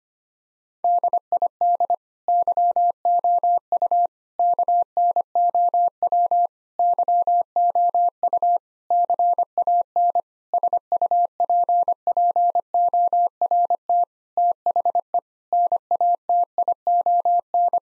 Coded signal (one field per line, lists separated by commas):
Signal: Morse code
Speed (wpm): 25 wpm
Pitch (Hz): 700 Hz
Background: none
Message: DID YOU KNOW YOU CAN SUPPORT THE NATION